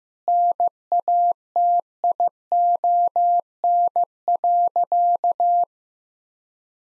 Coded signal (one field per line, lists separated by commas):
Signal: Morse code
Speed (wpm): 14 wpm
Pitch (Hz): 700 Hz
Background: none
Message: NATION.